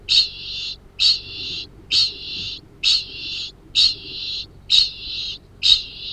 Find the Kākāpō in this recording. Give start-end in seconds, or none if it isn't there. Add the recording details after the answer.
0.00-6.13. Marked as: faintness 1/5. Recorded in New Zealand. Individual Arab